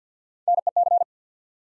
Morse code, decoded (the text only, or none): NEC